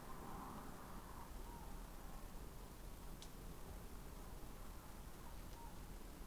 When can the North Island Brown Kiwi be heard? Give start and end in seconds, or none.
none